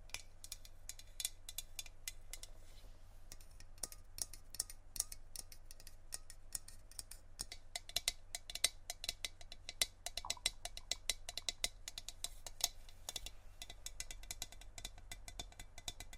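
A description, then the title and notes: Tapping on random objects, a fast stream of sharp, bright clicks and knocks that thickens and quickens after about eight seconds. The taps come irregularly, some louder than others, over a steady low hum that runs underneath throughout. ASMR Tapping On Random Objects.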